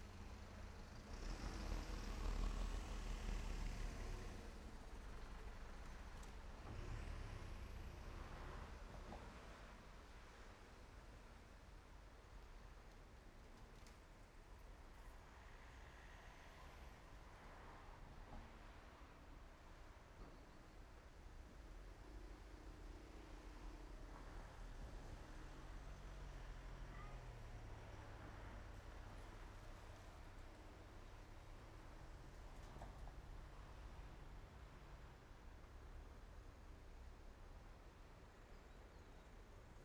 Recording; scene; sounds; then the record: everyday scene through a hearing-aid microphone; in traffic; traffic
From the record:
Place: main road on the outskirts, rush hour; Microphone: behind the ear, right, front